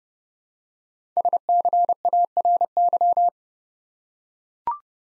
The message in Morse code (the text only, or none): SCARY